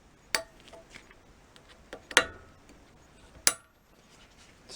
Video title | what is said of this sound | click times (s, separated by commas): Misty's Engine: CRANK TIME! | all right we're just sliding this retaining ring on snapped | 0.4 s